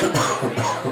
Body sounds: coughing mixed with background sound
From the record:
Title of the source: Cough Around the Clock!

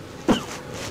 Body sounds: coughing mixed with background sound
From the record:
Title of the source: Heavy cold and sore throat coughing.

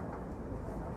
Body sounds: background sound without coughing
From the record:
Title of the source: Train Ride Ambience ambient white noise for sleeping, focus, studying, reading

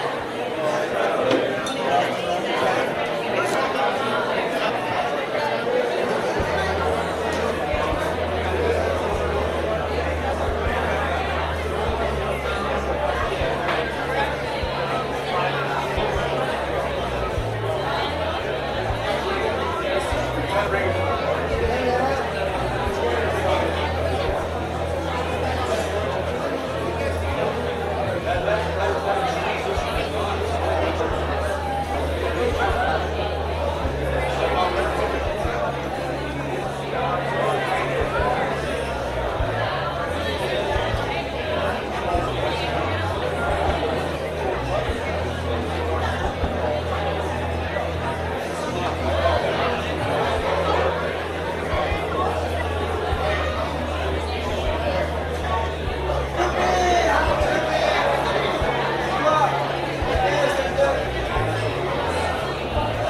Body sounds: background sound without coughing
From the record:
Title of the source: CITY SOUNDS Busy Bar in the Evening Night - 2 HOURS of Ambiance for Relaxation

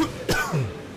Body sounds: coughing mixed with background sound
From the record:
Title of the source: Coughing 51

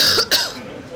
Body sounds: coughing mixed with background sound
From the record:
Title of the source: November cold (wet coughing)

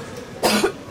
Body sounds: coughing mixed with background sound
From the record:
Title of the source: 61 morning phlegmy cough...again

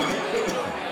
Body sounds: coughing mixed with background sound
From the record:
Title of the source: Spring Cold Coughing 3

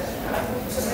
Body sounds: background sound without coughing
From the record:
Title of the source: 40 min - Ambience sounds UNIVERSITY lunchroom chatting

